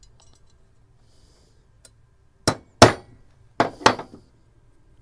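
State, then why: Seated. A bearing that was not fully down in an airsoft gearbox shell is tapped in with a hammer or driver. After a faint tick near 1.9 s, four sharp metallic taps ring out at 2.5, 2.8, 3.6 and 3.9 seconds. The bearing ends up seated flush in the shell.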